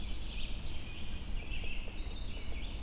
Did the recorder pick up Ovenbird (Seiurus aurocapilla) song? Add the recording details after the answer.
no. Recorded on 22 June 2016 at 06:26. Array SBT-6-76